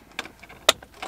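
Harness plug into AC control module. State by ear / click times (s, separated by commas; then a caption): seated / 0.2 s, 0.7 s. Wire harness plugs are pushed into the AC control module of a Nissan 350Z during a center console conversion from the 2003–05 style to the 2006+ style, with a firm click meant to show each plug is secured. Two sharp clicks are heard, a moderate one at 0.2 s and a much louder, crisp one at 0.7 s, among a few faint plastic ticks. Both plugs click in and are seated.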